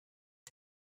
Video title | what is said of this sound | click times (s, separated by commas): Dexcom G4 PLATINUM (Pediatric): Inserting Your Sensor | with your other hand move the transmitter latch forward until you hear two clicks | 0.5 s